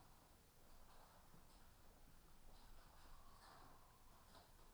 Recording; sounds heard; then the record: poultry house recording; healthy chickens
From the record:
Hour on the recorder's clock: 13